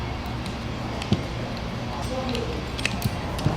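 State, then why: Released. A screwdriver pries a small metal retaining clip off the wiper linkage arm pivot on a 1955 Ford F100 during a swap from a 6V to a 12V wiper motor. Faint ticks and scrapes come through a steady background hiss before the sharp crack at 2.9 s as the clip pops off and releases.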